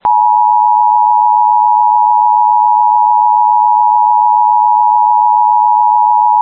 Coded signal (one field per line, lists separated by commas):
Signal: Emergency Alert System (SAME) tones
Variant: 853 and 960 Hz attention tone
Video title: Still active EXTREMELY RARE Immediate Evacuation for Nebraska!! (EAS 8)